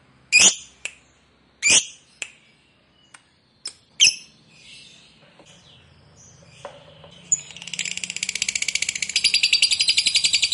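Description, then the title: Lovebird sharp shrieking notes spaced a second or two apart, followed by a quiet pause and then a sustained, very rapid, high chattering trill. Fighter-type lovebird singing energetically, a style called gacor. "Berkat SUARA Lovebird FIGHTER GACOR Ini"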